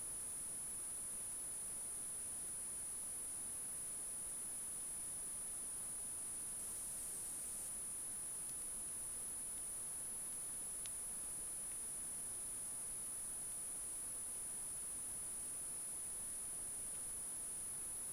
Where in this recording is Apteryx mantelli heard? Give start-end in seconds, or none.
none